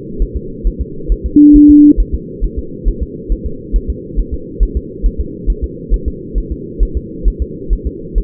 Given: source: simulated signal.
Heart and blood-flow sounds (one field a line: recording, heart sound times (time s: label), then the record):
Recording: fetal heart sounds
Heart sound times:
0.22 s: S1
0.37 s: S2
0.67 s: S1
0.81 s: S2
1.12 s: S1
1.26 s: S2
1.56 s: S1
1.70 s: S2
2.00 s: S1
2.14 s: S2
2.44 s: S1
2.58 s: S2
2.88 s: S1
3.02 s: S2
3.32 s: S1
3.46 s: S2
3.76 s: S1
3.90 s: S2
4.19 s: S1
4.34 s: S2
4.63 s: S1
4.77 s: S2
5.06 s: S1
5.20 s: S2
5.50 s: S1
5.64 s: S2
5.94 s: S1
6.08 s: S2
6.38 s: S1
6.52 s: S2
6.83 s: S1
6.97 s: S2
7.28 s: S1
7.42 s: S2
7.73 s: S1
7.87 s: S2
8.18 s: S1
From the record:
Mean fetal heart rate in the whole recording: 135 bpm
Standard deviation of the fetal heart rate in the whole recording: 3 bpm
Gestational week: 36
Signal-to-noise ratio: -4.3 dB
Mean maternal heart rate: 72 bpm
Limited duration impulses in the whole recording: present